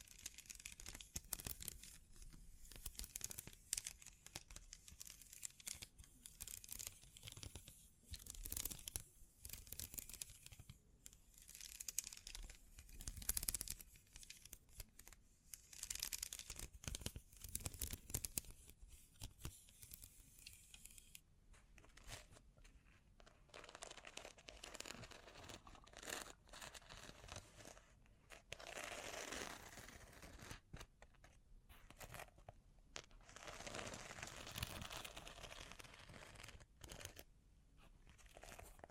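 Bling triggers: a busy stream of crinkling, rustling and tapping bursts, bright and irregular, with quick handling sounds packed close together. Around the twenty-second mark the texture shifts to softer, smoother scratching sweeps with fewer sharp crackles.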